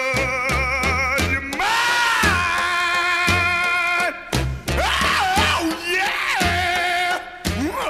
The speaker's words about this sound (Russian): В изрядном подпитии, оказавшись у микрофона, артист отнесся к своей композиции как к приколу и импровизированно вставил в исполнение огромное количество вокальных спецэффектов, истошных воплей, зловещего хохота и гласолалии.